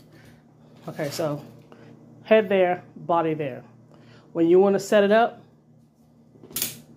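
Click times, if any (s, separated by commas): 6.6 s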